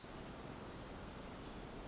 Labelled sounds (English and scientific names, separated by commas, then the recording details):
Pacific Wren (Troglodytes pacificus)
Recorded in Sonoma County, California